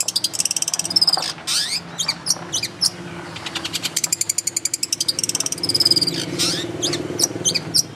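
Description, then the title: Long-tailed shrike song with dense, rapid high trills and scratchy notes, broken by short pauses and a few thin whistles. Champion singing bird. "Kicau Burung Cendet Juara"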